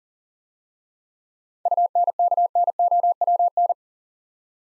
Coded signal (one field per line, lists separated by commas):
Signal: Morse code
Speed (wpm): 40 wpm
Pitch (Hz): 700 Hz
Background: none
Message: UNKNOWN